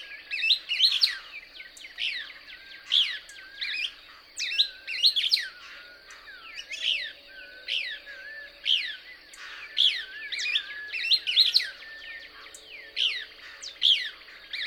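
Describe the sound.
Couch's Kingbird twittering calls, sharp descending chirps and buzzy notes tumbling in quick bursts, repeated throughout with short pauses between phrases.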